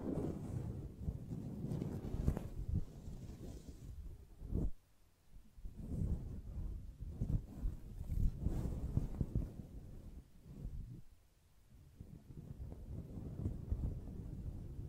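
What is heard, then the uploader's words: Soft brushing strokes sweep steadily, coming through as a deep, muffled rumble with a faint airy hiss above it. The strokes run in dense waves, with brief taps near 2, 4.5 and 8 seconds and short quiet gaps around 5 and 11 seconds. ASMR Gently Brushing Your Brain (No Talking).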